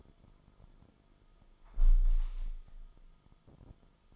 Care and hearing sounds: daily activity, microphone in the room; close window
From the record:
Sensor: 5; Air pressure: 1004.8 hPa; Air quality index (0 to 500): 83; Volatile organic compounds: 2 ppm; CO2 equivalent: 997 ppm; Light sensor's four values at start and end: 34/79/32/31 and 34/79/32/31

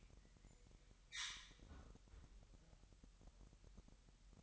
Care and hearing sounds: daily activity, microphone in the room; close fridge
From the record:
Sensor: 3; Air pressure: 1002.0 hPa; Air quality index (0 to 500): 247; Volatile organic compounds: 52 ppm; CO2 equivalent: 3321 ppm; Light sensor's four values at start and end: 12/36/16/13 and 12/36/16/13

